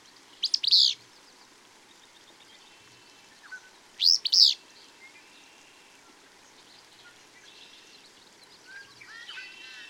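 Bird chirps: two loud, high paired chirps a few seconds apart, followed by soft, varied twittering.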